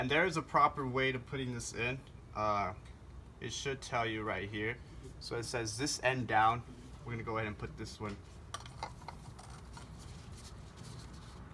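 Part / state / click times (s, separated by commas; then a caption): cartridge oil filter element onto filter housing cap prongs / not seated / none. Someone talks while lining up a cartridge oil filter element, with the marked end down, onto the prongs of the filter housing cap. Light plastic handling sounds follow from about 8.5 to 9.4 seconds. Nothing has seated or clicked yet.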